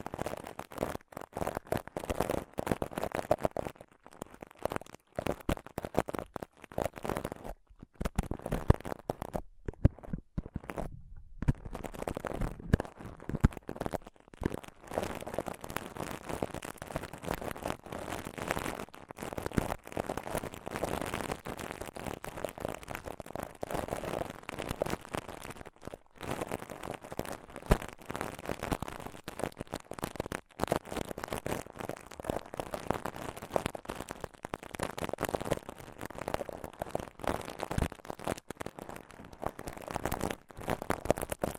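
Close-up scratching and touching on a microphone, a dense run of rough, crackly scrapes that continues for the whole 42 seconds. The rubbing sits mostly in the low-middle range with a gritty top, broken by a few short silent gaps around 8 to 11 seconds.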